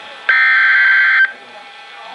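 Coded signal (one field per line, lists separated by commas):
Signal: Emergency Alert System (SAME) tones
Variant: header bursts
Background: speech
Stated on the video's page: NOAA weather radio flood warning and severe thunderstorm warning alerts.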